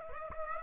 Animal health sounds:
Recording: mosquito wingbeat signal from an infrared sensor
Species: Aedes aegypti

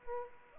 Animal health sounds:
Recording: mosquito wingbeat signal from an infrared sensor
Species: Aedes aegypti

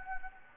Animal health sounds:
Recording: mosquito wingbeat signal from an infrared sensor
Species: Anopheles gambiae

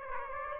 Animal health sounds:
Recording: mosquito wingbeat signal from an infrared sensor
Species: Aedes aegypti

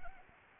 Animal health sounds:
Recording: mosquito wingbeat signal from an infrared sensor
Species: Anopheles arabiensis

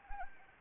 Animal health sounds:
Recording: mosquito wingbeat signal from an infrared sensor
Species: Anopheles arabiensis

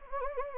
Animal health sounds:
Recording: mosquito wingbeat signal from an infrared sensor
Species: Anopheles gambiae

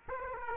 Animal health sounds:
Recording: mosquito wingbeat signal from an infrared sensor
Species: Aedes aegypti

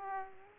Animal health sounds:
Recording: mosquito wingbeat signal from an infrared sensor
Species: Aedes aegypti

